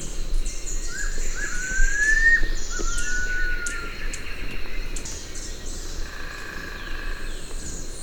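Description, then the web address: Striolated puffbird whistles: a few thin, rising and level whistled notes in busy forest background noise. Ecuador. "Natures Songs S America Birds of Ecuador. Striolated Puffbird"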